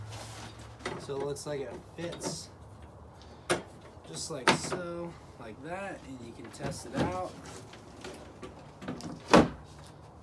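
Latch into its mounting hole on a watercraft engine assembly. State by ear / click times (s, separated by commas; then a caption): seated / 9.3 s. A latch is pushed into its mounting hole during reassembly of a Polaris 780 personal watercraft engine while someone talks. It locks into place with a sharp click at 9.3 s.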